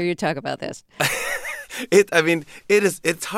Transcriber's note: soundbite of laughter